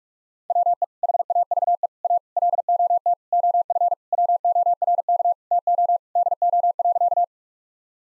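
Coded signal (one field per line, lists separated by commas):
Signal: Morse code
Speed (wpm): 46 wpm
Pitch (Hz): 700 Hz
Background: none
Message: WE HAVE A LOT OF WORK TO DO.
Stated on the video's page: Morse code practice at 45 wpm: sentences built from common five-word phrases, each sent, then spoken, then sent again.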